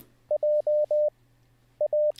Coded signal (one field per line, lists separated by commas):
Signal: Morse code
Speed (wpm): 20 wpm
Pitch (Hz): 600 Hz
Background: radio noise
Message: JA